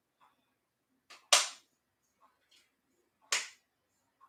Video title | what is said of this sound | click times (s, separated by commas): Week #8 Mounjaro Monday: Doctor's Report! | There you go and you listen for the second click and the second click happened. | 1.3 s, 3.3 s